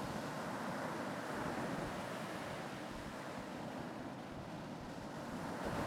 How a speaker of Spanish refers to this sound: Cuando inspiras, vas a imaginar que la ola del mar, de un mar muy tranquilo, te recorre desde los pies a la cabeza, y cuando sueltas el aire, imaginas que la ola te recorre con suavidad